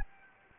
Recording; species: mosquito wingbeat signal from an infrared sensor; Anopheles gambiae